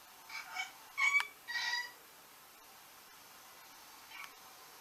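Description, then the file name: Orange-winged amazon giving three harsh, harmonic squawks in quick succession, then a long pause and one faint call near the end, over a steady hiss. "venesuelskii amazon"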